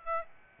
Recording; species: mosquito wingbeat signal from an infrared sensor; Aedes aegypti